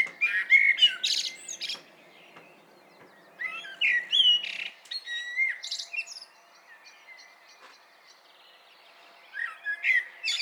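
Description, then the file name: Common blackbird song: mellow warbled phrases ending in high squeaky twitters, several bursts separated by pauses, with soft high notes in between. "Turdus merula"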